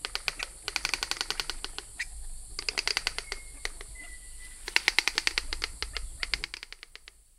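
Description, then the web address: Collared peccary dry clacking in bursts of fast, evenly spaced clicks, pausing briefly between runs, with a faint whistle in the background. Rainforest, South America. "Natures Songs S America Mammals of the Rainforest Collared Peccary"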